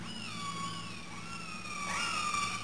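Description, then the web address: Whale call: a long gliding tonal moan rich in harmonics, wavering in pitch, over a low rumbling background. "POOL CHAMP. whale"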